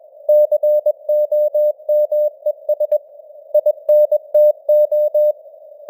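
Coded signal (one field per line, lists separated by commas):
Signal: Morse code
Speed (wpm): 21 wpm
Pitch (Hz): 600 Hz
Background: none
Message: COMES INTO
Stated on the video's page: Morse news headlines at 21 wpm with simulated radio noise and varying signal strength (QSB).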